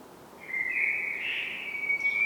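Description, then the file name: Common blackbird calling, one drawn-out tonal note that rises slightly and wavers before holding steady for nearly two seconds, with a faint steady hiss behind it. "Turdus merula"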